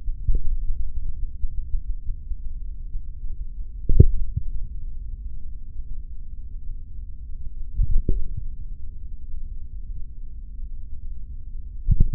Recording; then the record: forearm muscle sounds (acoustic myography)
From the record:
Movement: hand opening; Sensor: system 3, bracelet of six PUI Audio POM-2738L microphones around the upper forearm, with dedicated amplification and filtering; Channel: 4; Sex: male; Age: 26 years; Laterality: right